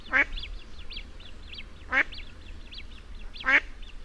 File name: Canard colvert